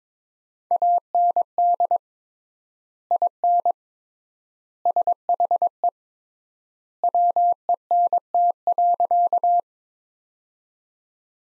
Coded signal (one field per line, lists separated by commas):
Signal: Morse code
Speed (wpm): 22 wpm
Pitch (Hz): 700 Hz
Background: none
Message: AND IN SHE WENT.